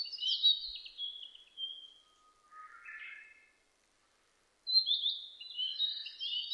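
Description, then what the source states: Narcissus flycatcher song: bright high whistled phrases, a lower buzzy stretch, a short silence, then another run of clear warbled whistles. Recorded 25 April 2006.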